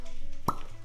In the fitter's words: decent pop, nothing much.